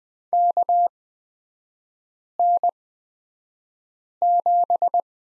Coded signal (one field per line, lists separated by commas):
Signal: Morse code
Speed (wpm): 20 wpm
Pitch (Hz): 700 Hz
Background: none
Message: KN7